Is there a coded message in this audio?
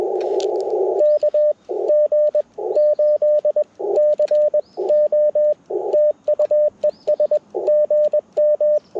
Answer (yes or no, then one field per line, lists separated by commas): yes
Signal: Morse code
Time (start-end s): 1.0-8.8 s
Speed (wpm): 21 wpm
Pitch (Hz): 590 Hz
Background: radio noise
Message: KG8CO TU ES GM